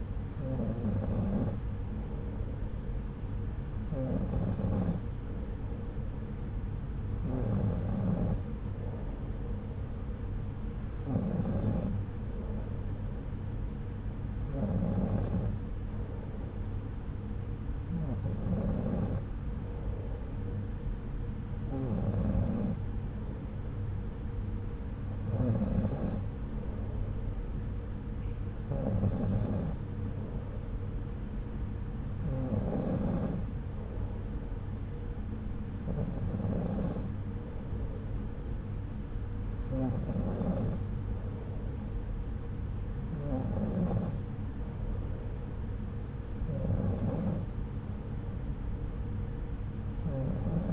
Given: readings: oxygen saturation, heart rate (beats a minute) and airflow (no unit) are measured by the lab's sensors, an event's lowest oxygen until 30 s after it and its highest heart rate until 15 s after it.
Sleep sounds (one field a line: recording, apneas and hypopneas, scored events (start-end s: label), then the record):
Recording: breathing in sleep by a smartphone at the bedside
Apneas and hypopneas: none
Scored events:
none scored
From the record:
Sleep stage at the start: N2 (light sleep)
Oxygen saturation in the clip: 93%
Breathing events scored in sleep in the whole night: 303 in 8.1 hours asleep